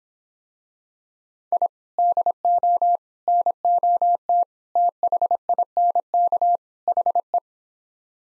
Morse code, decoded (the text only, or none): I DO NOT THINK HE